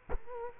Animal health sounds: mosquito wingbeat signal from an infrared sensor; Culex quinquefasciatus

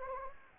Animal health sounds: mosquito wingbeat signal from an infrared sensor; Anopheles gambiae

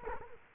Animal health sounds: mosquito wingbeat signal from an infrared sensor; Culex quinquefasciatus

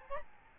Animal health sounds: mosquito wingbeat signal from an infrared sensor; Aedes albopictus

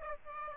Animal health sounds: mosquito wingbeat signal from an infrared sensor; Aedes aegypti

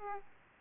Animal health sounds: mosquito wingbeat signal from an infrared sensor; Aedes aegypti

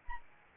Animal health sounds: mosquito wingbeat signal from an infrared sensor; Anopheles arabiensis

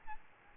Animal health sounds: mosquito wingbeat signal from an infrared sensor; Aedes albopictus

